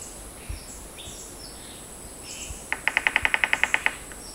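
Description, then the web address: Rufous piculet calls: a rapid run of roughly a dozen clipped, high notes, evenly spaced, over a steady insect hiss. Recorded at Danum on 7 August 2009. "DANUM 20090807 rufous piculet"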